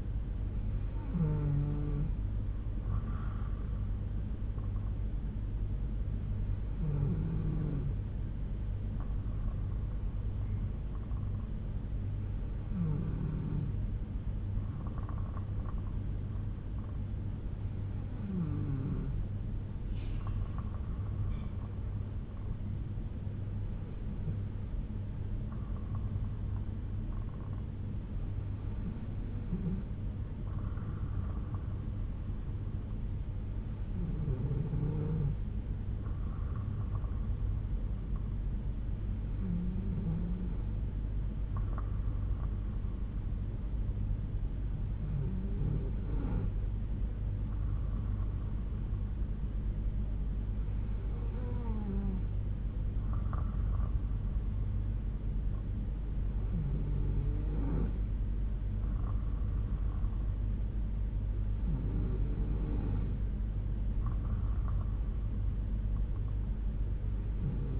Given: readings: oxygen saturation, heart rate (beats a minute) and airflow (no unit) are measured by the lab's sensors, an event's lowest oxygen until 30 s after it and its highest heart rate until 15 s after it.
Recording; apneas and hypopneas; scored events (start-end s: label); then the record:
breathing in sleep by a smartphone at the bedside; none
none scored
From the record:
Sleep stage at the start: N3 (deep sleep); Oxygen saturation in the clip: 92 to 93%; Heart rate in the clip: 60 to 65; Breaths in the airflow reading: 12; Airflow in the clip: -3.5 to 2.9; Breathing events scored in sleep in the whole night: 368 in 8.0 hours asleep